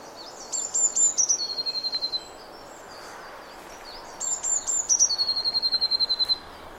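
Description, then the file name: Eurasian blue tit song, two phrases: each opens with a few very high thin notes, then drops into a quick, even trill. "Cyanistes caeruleus"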